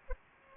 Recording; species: mosquito wingbeat signal from an infrared sensor; Aedes aegypti